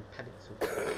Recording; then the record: coughing mixed with background sound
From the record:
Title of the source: 31 night wet cough